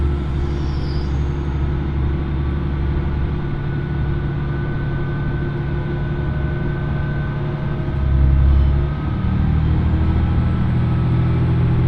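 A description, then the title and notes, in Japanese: Aboard the first Oito Line train leaving Itoigawa, a steady low engine rumble and hum continue, swelling briefly around eight seconds. 耳で楽しむ鉄道旅 大糸線 糸魚川→平岩。糸魚川を出る大糸線の始発列車で南小谷へと向かいます。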